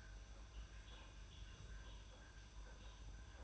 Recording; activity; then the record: daily activity, microphone in the room; make coffee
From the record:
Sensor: 2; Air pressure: 991.6 hPa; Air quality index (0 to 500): 187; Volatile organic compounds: 1000 ppm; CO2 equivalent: 6107 ppm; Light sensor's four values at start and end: 31/95/37/35 and 31/95/37/35